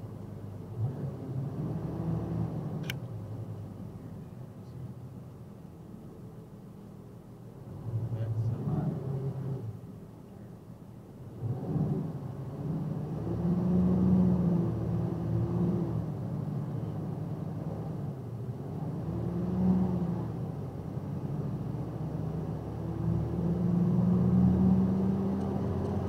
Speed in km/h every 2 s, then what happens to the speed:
16, 16, 15, 11, 13, 11, 15, 19, 21, 23, 27, 32, 35.
0-10 steady at about 13. 10-26 speeds up to 35.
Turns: none.